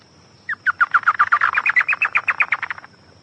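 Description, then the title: Chotoy spinetail song, a long run of sharp repeated notes rising slightly in pitch, rapid and somewhat uneven, continuing for over two seconds before stopping. "LuckyPassaro Completos2Sama. Chotoy Spinetail (Schoeniophylax phryganophilus)"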